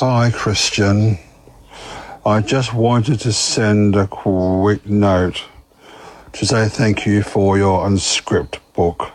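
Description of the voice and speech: A man who stutters, with a low, beautiful, powerful voice, speaks a short thank-you message. It is mostly fluent but measured, with long pauses between phrases and a stretched, held 'k' sound at the start of 'quick'. These are stuttering moments in a speaker for whom living with a stutter has made communication challenging throughout his life.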